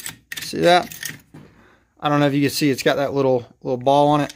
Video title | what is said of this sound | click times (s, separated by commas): Launch Wheels On My Jon Boat | it'll lock into place see | 0.3 s